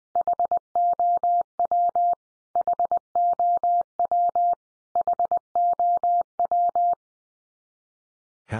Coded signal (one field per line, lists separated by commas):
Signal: Morse code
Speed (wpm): 20 wpm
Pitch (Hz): 700 Hz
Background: none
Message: HOW HOW HOW